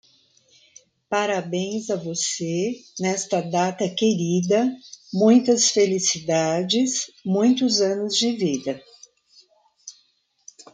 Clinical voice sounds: short text; Brazilian Portuguese; female; 60 to 69 years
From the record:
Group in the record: control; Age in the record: 63 years

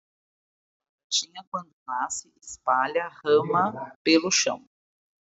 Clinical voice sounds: short text; Brazilian Portuguese; female; 40 to 49 years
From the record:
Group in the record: control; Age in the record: 41 years

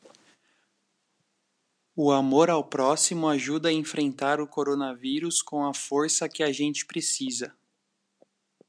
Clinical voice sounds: spoken sentence; Brazilian Portuguese; male; 30 to 39 years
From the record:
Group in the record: control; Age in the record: 34 years

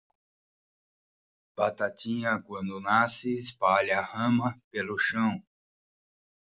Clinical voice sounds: short text; Brazilian Portuguese; male; 50 to 59 years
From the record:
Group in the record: control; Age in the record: 57 years

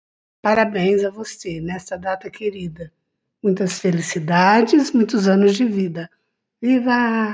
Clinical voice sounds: short text; Brazilian Portuguese; female; 60 to 69 years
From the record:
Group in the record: control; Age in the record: 65 years

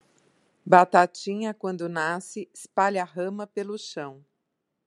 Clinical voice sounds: short text; Brazilian Portuguese; female; 50 to 59 years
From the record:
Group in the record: control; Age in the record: 52 years

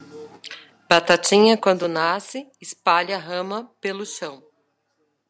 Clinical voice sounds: short text; Brazilian Portuguese; female; 50 to 59 years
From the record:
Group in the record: control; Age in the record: 55 years

